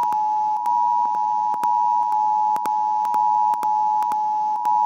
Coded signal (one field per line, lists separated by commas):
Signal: Emergency Alert System (SAME) tones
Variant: 853 and 960 Hz attention tone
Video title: Pacific IPAWS Weekly Monday (EAS #12393-12396) 8/21/23